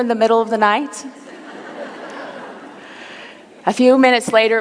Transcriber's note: laughter